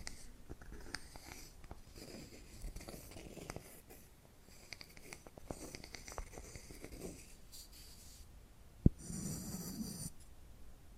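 Soft tapping and scratching fill most of the clip as quiet, close-set ticks and rasping strokes that come in loose bursts. Near nine seconds a single sharp tap stands out, followed by a brighter, hissing scratch that runs to about ten seconds.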